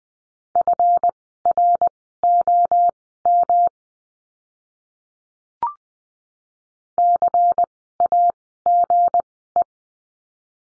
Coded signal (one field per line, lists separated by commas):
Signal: Morse code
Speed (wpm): 20 wpm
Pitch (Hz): 700 Hz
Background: none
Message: FROM CAGE